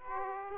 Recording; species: mosquito wingbeat signal from an infrared sensor; Aedes aegypti